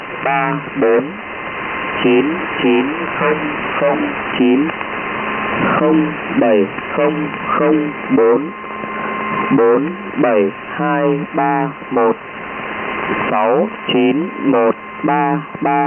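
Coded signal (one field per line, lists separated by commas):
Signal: numbers station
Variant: V30, Vietnamese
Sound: a voice reading short, evenly spaced words over shortwave hiss, with faint steady tones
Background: radio static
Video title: Numbers Station, Vietnamese, V30, 10255 kHz, USB Mode, December 23, 2013, 1559 UTC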